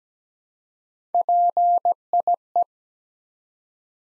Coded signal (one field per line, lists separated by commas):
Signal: Morse code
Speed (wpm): 17 wpm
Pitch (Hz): 700 Hz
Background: none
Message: PIE